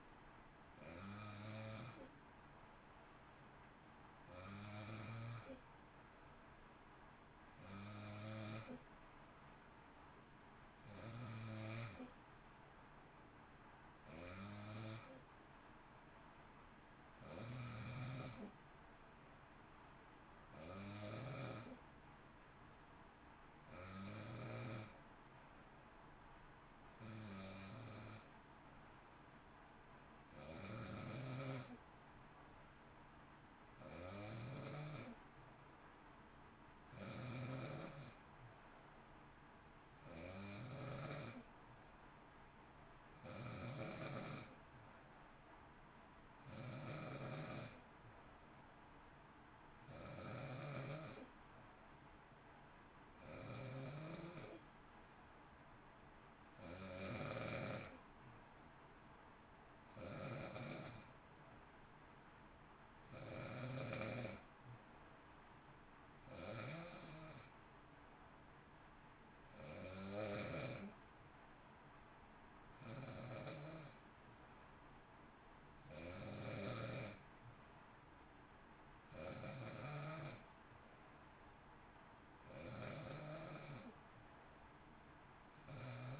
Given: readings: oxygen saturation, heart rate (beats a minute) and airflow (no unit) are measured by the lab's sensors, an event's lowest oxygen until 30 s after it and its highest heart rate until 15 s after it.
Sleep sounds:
breathing in sleep by a voice recorder at the bedside; none
none scored
From the record:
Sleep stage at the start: N2 (light sleep); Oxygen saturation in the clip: 92 to 93%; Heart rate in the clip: 54 to 59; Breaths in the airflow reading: 29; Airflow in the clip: -0.7 to 0.7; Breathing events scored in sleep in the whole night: 328 in 6.3 hours asleep

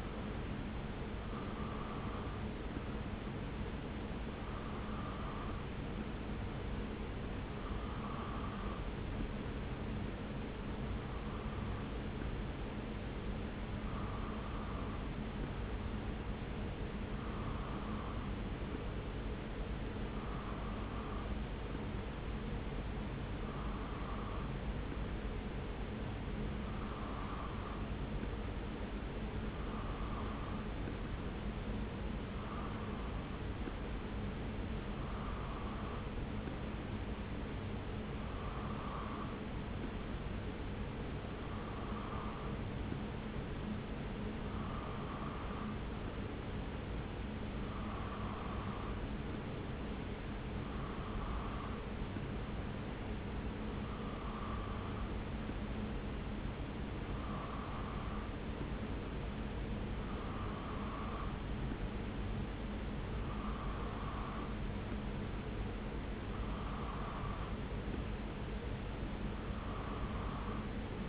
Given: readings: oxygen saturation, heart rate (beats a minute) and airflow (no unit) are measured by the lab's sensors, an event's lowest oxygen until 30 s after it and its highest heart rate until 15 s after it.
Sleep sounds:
breathing in sleep by a voice recorder at the bedside; none
none scored
From the record:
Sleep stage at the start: N2 (light sleep); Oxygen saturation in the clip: 92 to 93%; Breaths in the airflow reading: 30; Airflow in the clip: -0.7 to 0.7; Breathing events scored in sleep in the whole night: 335 in 6.7 hours asleep

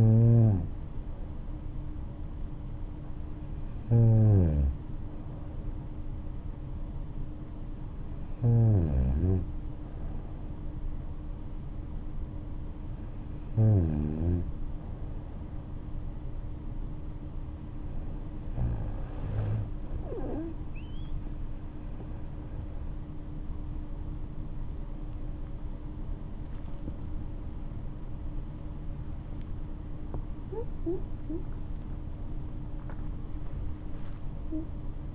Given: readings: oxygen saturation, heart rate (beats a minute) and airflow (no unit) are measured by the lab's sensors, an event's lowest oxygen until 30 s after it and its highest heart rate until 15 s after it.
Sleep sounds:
breathing in sleep by a smartphone at the bedside; none
none scored
From the record:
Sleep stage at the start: N2 (light sleep); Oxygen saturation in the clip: 94 to 96%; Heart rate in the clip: 58 to 77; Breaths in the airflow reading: 8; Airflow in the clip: -8.9 to 14.6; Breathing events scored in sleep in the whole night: 228 in 5.4 hours asleep

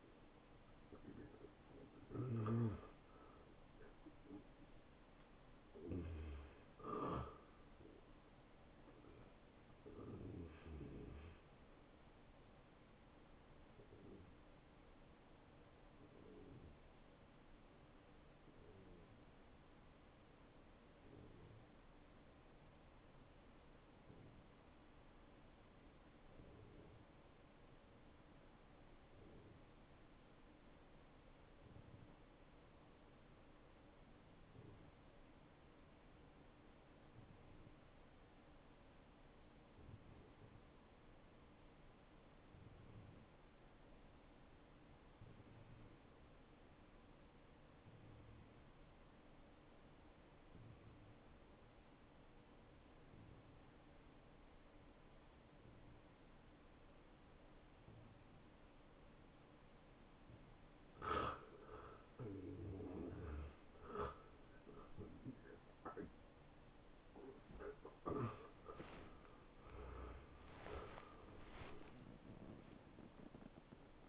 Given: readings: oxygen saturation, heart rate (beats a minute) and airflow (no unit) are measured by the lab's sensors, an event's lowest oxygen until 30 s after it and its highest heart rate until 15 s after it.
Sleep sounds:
breathing in sleep by a voice recorder at the bedside; 1
9.00-39.00 s: new sleep stage, N1 (lightest sleep)
18.00-62.50 s: hypopnea (N1, oxygen 95% highest, then 90% lowest)
39.00-69.00 s: new sleep stage, N2 (light sleep)
69.00-74.09 s: new sleep stage, N1 (lightest sleep)
From the record:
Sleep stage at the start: N2 (light sleep); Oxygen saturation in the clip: 90 to 95%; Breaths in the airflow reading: 12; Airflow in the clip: -16.9 to 11.1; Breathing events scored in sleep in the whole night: 263 in 5.5 hours asleep

